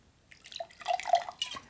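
A glass is refilled with the same drink: a short burst of liquid splashing and trickling, with bright bubbly gurgles rising in pitch as the glass fills, then a final splash before stopping.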